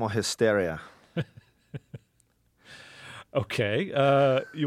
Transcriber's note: soundbite of laughter